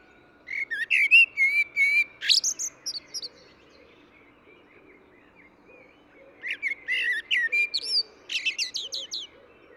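Eurasian blackbird song in two phrases, each a low fluty warble ending in a burst of high, scratchy twittering, separated by several seconds of quiet.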